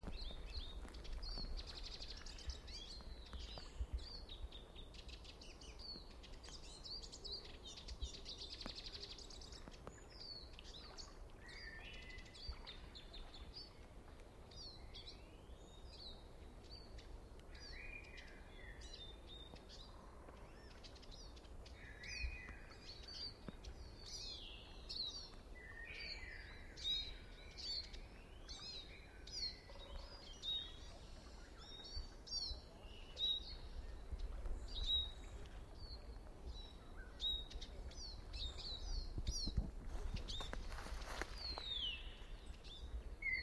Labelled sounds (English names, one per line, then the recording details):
Eurasian Siskin song
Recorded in the wild
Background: Turdus merula, Columba oenas
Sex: male
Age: adult
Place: Liepnitzsee, Naturpark Barnim, Brandenburg, DE
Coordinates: 52.7433, 13.5169
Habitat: decidouos forest
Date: 2011-03-27
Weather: overcast, 0°C, no wind
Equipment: Sound Devices 702, Sennheiser MKH 70, Rycote Windschutz
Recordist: Frommolt, Karl-Heinz
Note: Altbuchenbestand am Liepnitzsee: Gesang eines Erlenzeisigs